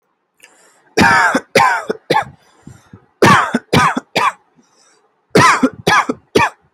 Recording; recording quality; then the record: heavy voluntary cough; excellent, no background noise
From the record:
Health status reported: healthy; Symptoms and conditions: none ticked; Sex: male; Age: 23 years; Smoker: not ticked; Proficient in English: yes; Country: India